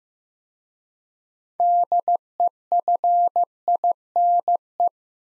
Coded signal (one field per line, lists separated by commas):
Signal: Morse code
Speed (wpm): 15 wpm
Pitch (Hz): 700 Hz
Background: none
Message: DEFINE